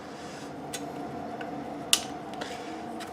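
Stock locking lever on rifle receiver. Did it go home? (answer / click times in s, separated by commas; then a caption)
yes / 1.9 s. On a second attempt, the metal stock locking lever on a Type 81 rifle receiver, part of a DIY detachable stock mod, is pushed fully in and locks home with a sharp, loud click at 1.9 s. Fainter ticks come at about 0.8, 1.4 and 2.4 s over a low steady hum. The locking part is confirmed seated.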